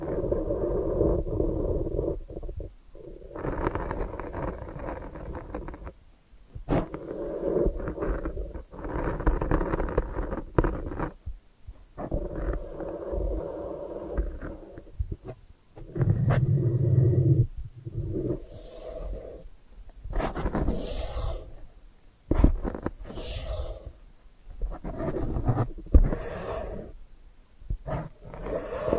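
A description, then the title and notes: ASMR sounds with no talking: low, muffled rubbing and rumbling in bursts of a few seconds, broken by short silent gaps. After about twenty seconds the sounds turn crisper, with quick bright scratchy strokes and sharp taps mixed into the softer movement. ASMR Brain Flossing (No Talking).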